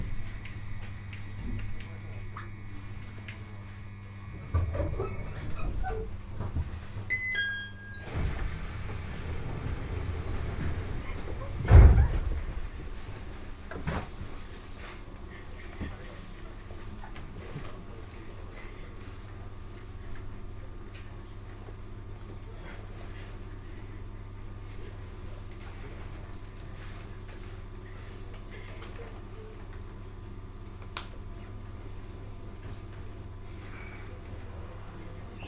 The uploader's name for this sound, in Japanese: 鉄道旅 常磐線 仙台→浜吉田